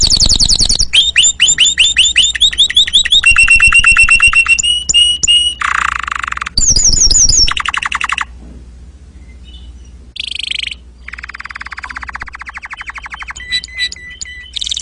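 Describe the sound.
Domestic canary in full song, switching between rapid rattling trills and steady whistled rolls, with harsh noisy bursts and softer trills toward the end.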